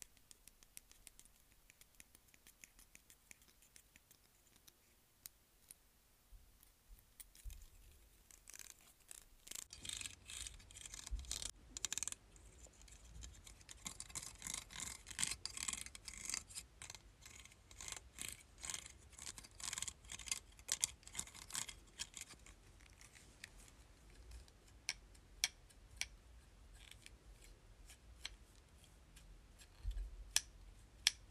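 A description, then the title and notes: Close, crisp clicks and snips of handling a hair clip, sparse at first and then a busy stretch of dense crackly taps from about ten seconds to twenty. Later the sounds thin out into scattered sharp clicks in a quiet, small room. ASMR Hair Clip.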